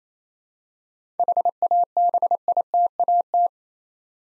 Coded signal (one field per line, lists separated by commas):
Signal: Morse code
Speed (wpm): 27 wpm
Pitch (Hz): 700 Hz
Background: none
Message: HABITAT